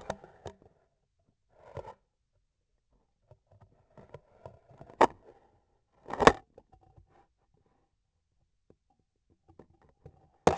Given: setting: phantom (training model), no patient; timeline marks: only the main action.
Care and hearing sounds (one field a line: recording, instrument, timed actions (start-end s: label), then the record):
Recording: laparoscopic instrument, vibration sensor on the handle end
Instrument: scissors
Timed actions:
5.86-6.57 s: cutting thread
From the record:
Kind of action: gesture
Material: cotton thread